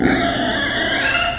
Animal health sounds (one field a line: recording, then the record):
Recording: squeal of a Yucatan mini pig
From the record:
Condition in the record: before surgery on the right vocal fold (resection and tissue-engineered implant)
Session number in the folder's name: 3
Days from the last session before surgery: 0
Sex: female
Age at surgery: 19 weeks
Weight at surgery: 25 kg